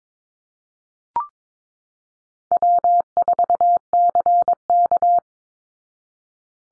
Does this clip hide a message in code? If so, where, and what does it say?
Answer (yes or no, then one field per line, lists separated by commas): yes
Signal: Morse code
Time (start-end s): 2.5-5.2 s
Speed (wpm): 22 wpm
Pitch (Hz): 700 Hz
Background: none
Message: W4CK